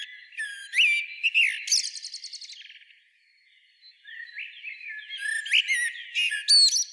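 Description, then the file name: Common blackbird gives shrill chirps and a quick stuttering rattle, falls silent briefly, then breaks into more high, squeaky twitters. "Turdus merula"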